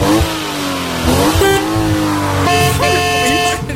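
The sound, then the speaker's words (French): An old car horn honks with a harsh, steady, buzzy blare lasting over a second, following a loud engine rev that rises and falls in pitch. “Le vieux klaxon de merde.”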